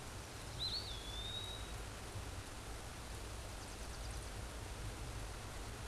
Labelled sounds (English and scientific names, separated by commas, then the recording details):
Eastern Wood-Pewee (Contopus virens) song
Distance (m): 20 m
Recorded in a Pennsylvania forest on 17 May 2023 at 14:07
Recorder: AudioMoth, point grid1_37_low
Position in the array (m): 93 m, 205 m